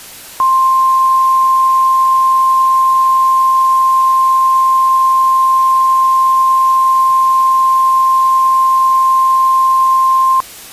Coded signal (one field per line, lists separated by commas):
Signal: Emergency Alert System (SAME) tones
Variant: 1050 Hz attention tone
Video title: EAS scenario: the Blizzard part 1 (Thanksgiving 2017 EAS scenario)